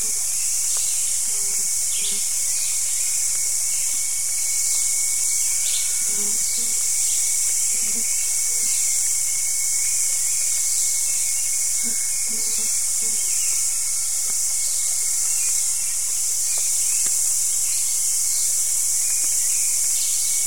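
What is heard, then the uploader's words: Morning insects keep up a steady, dense high hiss, with a thin continuous whine running underneath it. Short bird calls break through now and then, clustered around six to eight seconds and again near twelve to thirteen seconds, over a constant level. The morning insects give way to the morning dawn chorus of birds.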